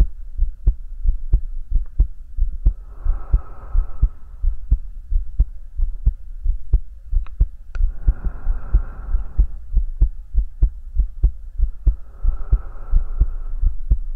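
A steady, regular heartbeat heard close against the chest at about 90 beats per minute, with three slow breaths rising and falling in the background, as if the listener's head is being hugged to the chest.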